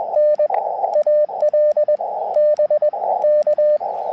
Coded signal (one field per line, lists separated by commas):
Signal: Morse code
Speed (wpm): 21 wpm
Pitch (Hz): 600 Hz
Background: radio noise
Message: N AL BK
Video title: Sunrise Coffee & Morse Code - QRP CW POTA Activation 5/15/23 @ K-4451